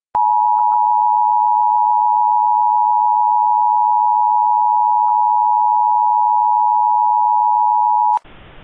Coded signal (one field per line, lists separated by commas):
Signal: Emergency Alert System (SAME) tones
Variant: 853 and 960 Hz attention tone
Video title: EAS Mock: Outquake an EAS Scenario Short (Requested)